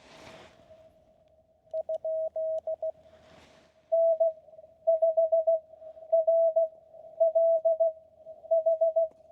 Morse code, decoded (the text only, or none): ? N5RLH